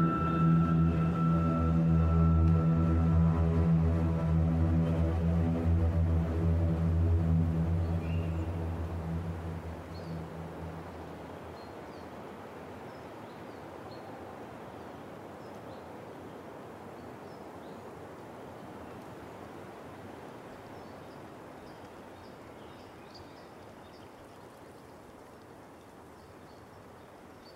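Sustained string music plays and fades away by about ten seconds, leaving a soft steady wind with occasional faint bird chirps.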